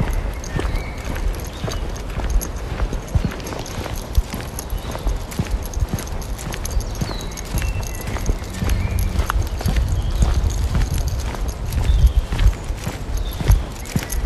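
A walk in the woods with a dog: steady, crunching footsteps and scuffs on the ground run throughout, quick and fairly regular, over a dense low rumble. Short, high bird chirps surface now and then above the footfalls.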